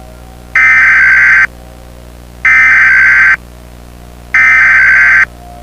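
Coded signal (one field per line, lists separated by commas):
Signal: Emergency Alert System (SAME) tones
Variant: header bursts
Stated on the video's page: Fictional tornado EAS scenario using valid EAS tones.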